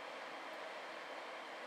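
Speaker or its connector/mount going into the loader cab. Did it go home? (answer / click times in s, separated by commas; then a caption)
no / none. A speaker, or its connector or mount, is being fitted into a loader cab and handled. Only a steady, even broadband noise with no distinct knocks or clicks is heard for 1.7 seconds. Nothing has seated or clicked yet.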